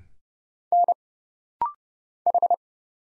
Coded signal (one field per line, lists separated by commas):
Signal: Morse code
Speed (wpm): 31 wpm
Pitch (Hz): 700 Hz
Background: none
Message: N H